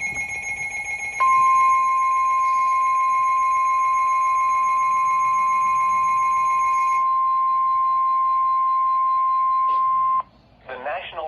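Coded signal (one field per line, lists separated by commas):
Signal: Emergency Alert System (SAME) tones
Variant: 1050 Hz attention tone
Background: speech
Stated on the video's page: Severe thunderstorm warning from a NOAA weather radio station.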